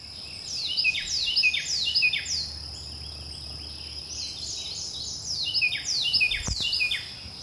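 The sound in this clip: Wren song: rapid phrases of loud, sharply down-slurred whistled notes repeated in bursts, with a steady high-pitched whine running throughout and a brief thump near the end.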